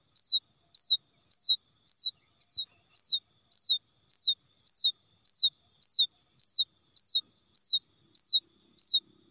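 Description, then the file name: Quail chick repeating shrill downslurred peeps at an even pace, nearly two each second, in otherwise quiet surroundings. Quail chick calling for its mother after becoming lost from the flock. "tieng cut non keu goi me lac dan chuan"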